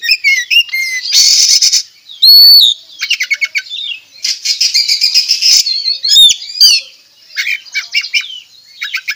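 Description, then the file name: Oriental magpie-robin song: varied high whistled notes and rapid trills, broken by harsh buzzy bursts and quick chattering runs, with short pauses between phrases. Singing actively (gacor), with loud song phrases called tembakan; recorded at Tretes. "Tembakan Kacer Tretes Gacor"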